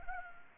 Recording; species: mosquito wingbeat signal from an infrared sensor; Anopheles gambiae